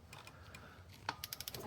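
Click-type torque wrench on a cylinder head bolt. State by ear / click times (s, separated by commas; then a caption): torque reached / 1.1 s. During a head gasket replacement on a Lexus CT200h, a click-type torque wrench set to 36 ft-lb tightens a cylinder head bolt through soft, quiet ratcheting. The wrench gives its sharp click at 1.1 s, followed by a quick run of lighter ticks through about 1.6 s. The bolt reaches the set torque.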